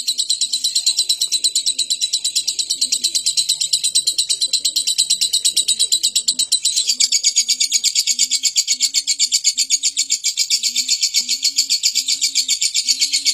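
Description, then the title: Lovebird giving a long, unbroken high chattering trill of rapid buzzy pulses, running the whole time, with soft low dove-like cooing repeated in the background. Lovebird giving a long ngekek chattering song. "Lovebird Ngekek Panjang"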